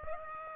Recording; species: mosquito wingbeat signal from an infrared sensor; Aedes aegypti